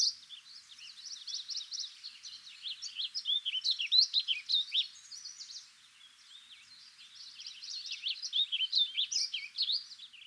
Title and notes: El canto del vireo gorjeador que acompaña este podcast grabé yo en el Estado de Montana, EE.UU.